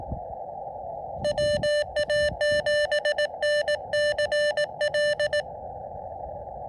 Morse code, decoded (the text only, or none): WA7NCL